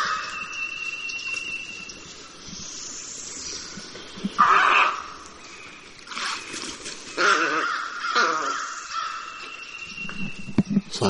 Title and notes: Llamado de la garcita nívea (Egretta thula). de la Biblioteca Macaulay del Laboratorio de Ornitología de la Universidad de Cornell